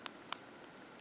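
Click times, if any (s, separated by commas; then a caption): 0.1 s, 0.3 s. A plastic microSD card is pushed with a fingernail into the spring-loaded push-push card slot of a CamPark action camera. Two sharp, bright clicks sound at 0.1 s and 0.3 s against a quiet background, and the card latches and is seated in the slot.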